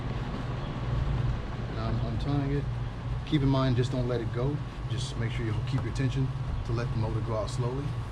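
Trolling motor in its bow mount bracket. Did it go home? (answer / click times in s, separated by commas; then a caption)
no / none. A MinnKota trolling motor in its bow mount bracket on a solo skiff is released from its stowed position and lowered slowly under tension toward the deployed position while someone talks over a steady low hum. The mount has not latched or clicked into place yet.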